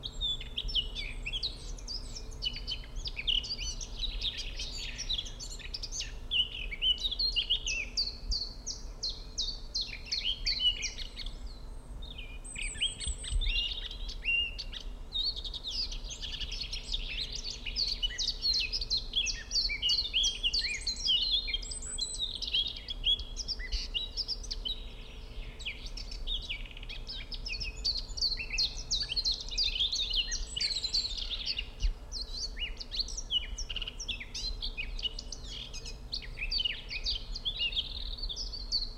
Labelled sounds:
Eurasian Blackcap (Sylvia atricapilla) song

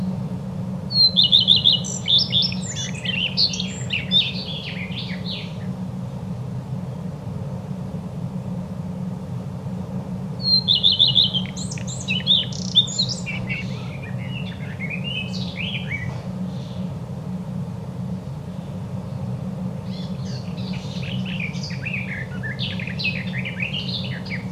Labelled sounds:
Common Redstart (Phoenicurus phoenicurus) song

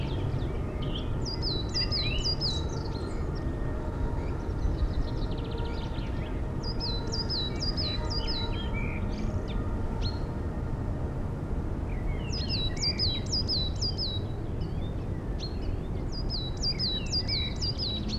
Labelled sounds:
Song Thrush (Turdus philomelos) song

